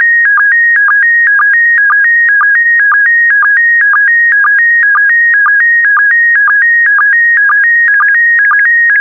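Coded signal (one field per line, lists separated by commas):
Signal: SSTV (slow-scan television)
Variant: PD120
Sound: steady warbling tone shifting between two pitches, with a short low blip twice a second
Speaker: complete. You can now check your decoded image against the picture that is shown on the video.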